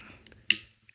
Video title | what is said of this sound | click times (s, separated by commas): How to Replace Windshield Wiper Blades on a Toyota 4Runner (All Toyotas) | until it locks | 0.5 s